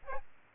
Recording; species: mosquito wingbeat signal from an infrared sensor; Aedes albopictus